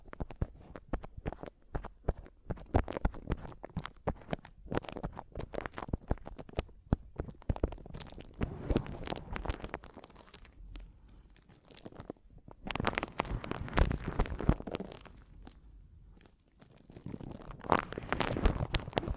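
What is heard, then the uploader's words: Mic tapping and scratching fill the whole stretch, a dense run of quick, irregular taps and scrapes with a crinkly, crunchy texture. Busier, louder bursts come around 8–10 seconds, 12–15 seconds and near the end, with brief lulls between them. ASMR Mic Tapping and Scratching (No Talking).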